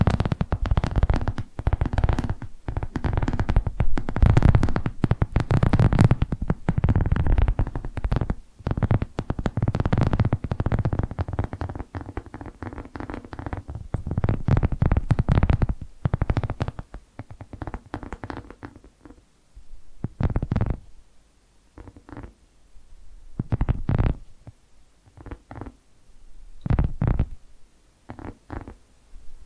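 Tapping and rustling triggers, dense and busy for the first fifteen seconds with overlapping taps and low rumbling thumps. After about eighteen seconds it thins out to sparse, separate taps spaced a second or two apart, with near silence between them.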